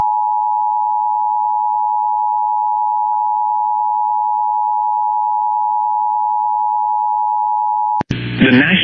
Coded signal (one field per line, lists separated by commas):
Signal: Emergency Alert System (SAME) tones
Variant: 853 and 960 Hz attention tone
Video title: EAS Flash Flood Warning for my area on TV! (CH. 42)